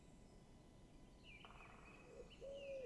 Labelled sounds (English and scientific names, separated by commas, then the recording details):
Great Spotted Woodpecker (Dendrocopos major)
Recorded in Germany
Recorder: ecoPi